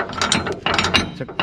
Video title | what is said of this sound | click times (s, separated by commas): WILLYS LANGKA MILIK ANAK KI LURAH OFFROAD - REVIEW MOBIL ANTIK - VLOG #144 | Kemudian, saat ini dimasukkan ke dalam pengait, akan terdengar bunyi klik dan terkunci. | 1.4 s